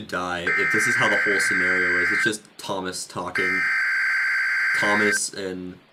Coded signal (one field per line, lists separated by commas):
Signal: Emergency Alert System (SAME) tones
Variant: header bursts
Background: speech